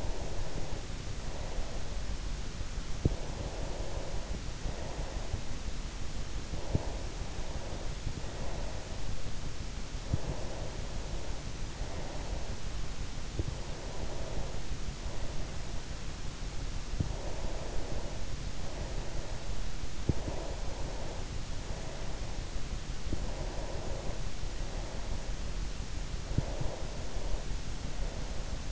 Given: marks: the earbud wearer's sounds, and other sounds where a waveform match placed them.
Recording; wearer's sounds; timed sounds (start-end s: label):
sounds in sleep by an in-ear microphone; breath
0.00-2.34 s: breath
3.38-5.85 s: breath
6.50-9.23 s: breath
10.00-13.12 s: breath
13.77-16.11 s: breath
17.15-25.46 s: breath
25.98-28.58 s: breath